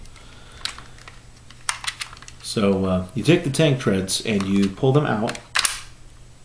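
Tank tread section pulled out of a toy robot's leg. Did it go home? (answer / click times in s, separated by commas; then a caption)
released / 5.6 s. The plastic tank tread section of a 1985 Transformers G1 Omega Supreme toy robot is pulled out of the robot's leg while someone talks, with a few sharp handling clicks early on. The tread reaches its pull-out stop with a double click at 5.6 and 5.7 seconds as a little clip in the side catches at the detent.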